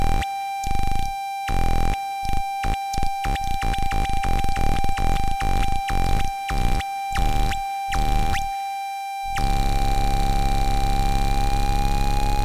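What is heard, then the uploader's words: Feedback from a no-input mixer sounds as a steady piercing tone held throughout, cut by rapid stuttering bursts of harsh rushing noise that chop on and off irregularly. Near nine seconds the bursts stop and a dense, continuous buzzing drone takes over beneath the bright tone. Study for No-Input Mixer #7 (2023)- five voices with happy end. At Studio kHz on a vintage MACKIE 1604 mixing desk, patched as a no-input mixer. In this final piece I used 5 channels with internal audio feedback, controlled by faders and knobs with amazing resolution.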